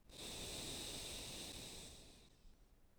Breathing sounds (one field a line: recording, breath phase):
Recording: one breath near a microphone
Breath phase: exhalation